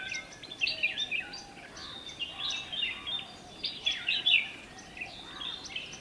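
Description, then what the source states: Bulbul calls in an uneven chorus: bubbly chirps and short whistled phrases overlap, with scattered louder bursts throughout. More than one bulbul, described as cheery.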